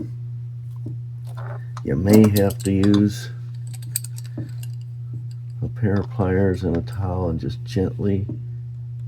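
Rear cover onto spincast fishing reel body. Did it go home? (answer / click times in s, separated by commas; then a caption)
no / none. Someone talks while handling the rear cover of a Zebco 33 Gold (year 2000 version) spincast fishing reel, lining it up on the reel body's grooves to turn it clockwise, possibly helped with pliers and a towel. A few faint, brief ticks come from the handling. Nothing has seated or clicked into place yet.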